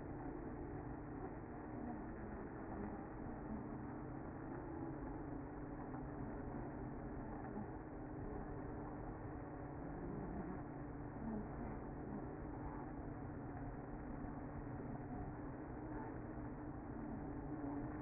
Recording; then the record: honeybee colony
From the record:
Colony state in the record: active